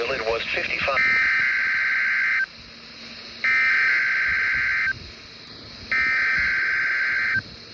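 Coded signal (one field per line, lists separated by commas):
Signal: Emergency Alert System (SAME) tones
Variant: header bursts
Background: speech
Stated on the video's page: Required Weekly Test from NOAA weather radio transmitter on 162.425 MHz, Janesville, Wisconsin.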